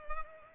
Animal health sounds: mosquito wingbeat signal from an infrared sensor; Culex pipiens

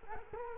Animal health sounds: mosquito wingbeat signal from an infrared sensor; Culex quinquefasciatus

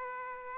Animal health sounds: mosquito wingbeat signal from an infrared sensor; Aedes aegypti

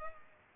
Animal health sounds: mosquito wingbeat signal from an infrared sensor; Culex pipiens

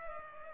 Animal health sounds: mosquito wingbeat signal from an infrared sensor; Culex pipiens

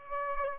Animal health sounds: mosquito wingbeat signal from an infrared sensor; Aedes aegypti

